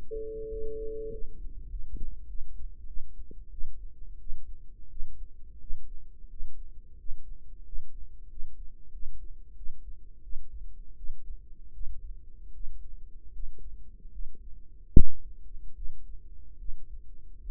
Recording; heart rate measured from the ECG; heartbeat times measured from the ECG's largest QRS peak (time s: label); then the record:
heart sounds by microphone in the right ear; 85 bpm
0.47 s: heartbeat
1.09 s: heartbeat
1.68 s: heartbeat
2.26 s: heartbeat
2.85 s: heartbeat
3.50 s: heartbeat
4.18 s: heartbeat
4.88 s: heartbeat
5.58 s: heartbeat
6.28 s: heartbeat
6.96 s: heartbeat
7.63 s: heartbeat
8.28 s: heartbeat
8.91 s: heartbeat
9.54 s: heartbeat
10.21 s: heartbeat
10.95 s: heartbeat
11.72 s: heartbeat
12.52 s: heartbeat
13.31 s: heartbeat
14.11 s: heartbeat
14.92 s: heartbeat
15.74 s: heartbeat
16.57 s: heartbeat
17.40 s: heartbeat
From the record:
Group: healthy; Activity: Valsalva maneuver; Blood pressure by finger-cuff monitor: 78/59 mmHg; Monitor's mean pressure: 67 mmHg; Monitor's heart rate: 82 bpm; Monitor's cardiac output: 6.1 L/min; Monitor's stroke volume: 71 mL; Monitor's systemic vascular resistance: 690 dyn s/cm5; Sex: female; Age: 19 years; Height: 163 cm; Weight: 48.9 kg